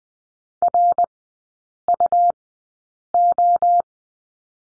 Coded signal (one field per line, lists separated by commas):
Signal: Morse code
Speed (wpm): 20 wpm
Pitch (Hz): 700 Hz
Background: none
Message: RUO